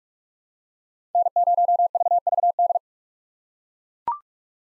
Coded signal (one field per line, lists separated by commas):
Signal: Morse code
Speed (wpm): 43 wpm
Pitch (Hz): 700 Hz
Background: none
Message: N0VVD